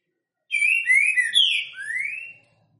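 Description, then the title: Green-winged saltator singing one loud phrase of throaty, slurred whistles that dip and swoop, closing with a long rising whistled note; nothing else audible. Boiadeiro song style, voice 10, sung loudly; used to warm up and stimulate other green-winged saltators. "Canto De Trinca Ferro Voz 10. TRINCA FERRO BOIADEIRO CANTANDO FORTE. ESQUENTAR TRINCA FERRO"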